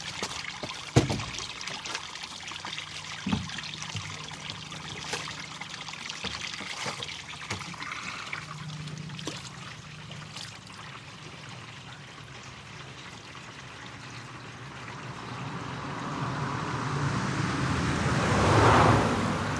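Spring water runs from an old pipe into a stone basin, a steady trickling pour. A few sharp knocks and drips stand out early, around one and three seconds, and from about fourteen seconds a low rumble swells, peaking near eighteen seconds before easing.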